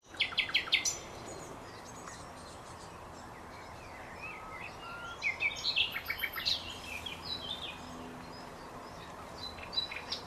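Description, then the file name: Common nightingale song: a brief burst of repeated sharp notes, then scattered varied whistles and chirps, with more short phrases later. "Luscinia megarhynchos"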